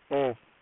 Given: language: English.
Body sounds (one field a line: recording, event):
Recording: throat vibration sensor signal played as sound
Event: speech